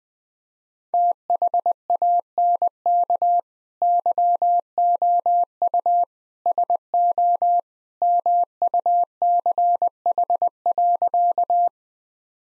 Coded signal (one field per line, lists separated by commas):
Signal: Morse code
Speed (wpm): 19 wpm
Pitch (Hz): 700 Hz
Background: none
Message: THANK YOU SO MUCH.